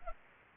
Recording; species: mosquito wingbeat signal from an infrared sensor; Anopheles arabiensis